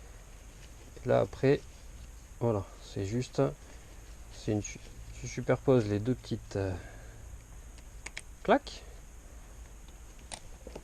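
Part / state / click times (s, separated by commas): harness tongues into child car seat buckle / seated / 10.3 s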